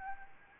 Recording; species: mosquito wingbeat signal from an infrared sensor; Anopheles gambiae